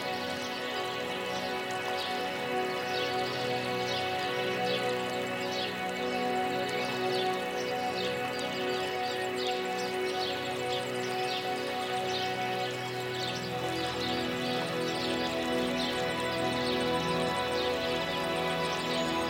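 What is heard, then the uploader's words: Birdsong and a steadily flowing river fill the clip, with soft sustained music tones holding beneath. Short chirps and trills repeat every second or so in the upper range, while the water's even rush stays constant throughout at an unchanging level. Birds Singing Joyfully, Peaceful River Flowing & Relaxing Music. As the river flows steadily in the background, the birds will serenade you with their enchanting songs.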